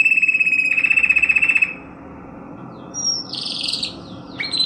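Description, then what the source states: Canary song: a fast, even trill for under two seconds, then a pause and a short buzzy high burst with a brief note at the end. Canary song mixed with Timbrado canary song for song training.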